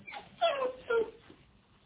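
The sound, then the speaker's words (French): A dog named Fido whimpers in two high, falling whines, each about half a second long, followed by a fainter trailing whimper. No one speaks. “Et puis, tu pourrais m'aider pour mon cimetière de chiens. Pas vrai, Fido?”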